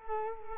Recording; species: mosquito wingbeat signal from an infrared sensor; Culex quinquefasciatus